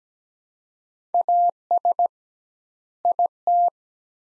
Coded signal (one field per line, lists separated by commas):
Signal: Morse code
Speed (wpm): 17 wpm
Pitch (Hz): 700 Hz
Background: none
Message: AS IT